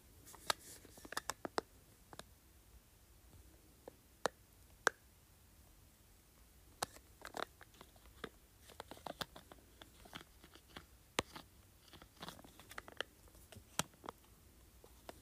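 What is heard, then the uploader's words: Buttons on an LED light remote are pressed in a string of sharp, dry clicks over a quiet, low hum. The presses come irregularly, some single, some in quick clusters, with a brief pause around the fifth to sixth second. ASMR LED Light Remote.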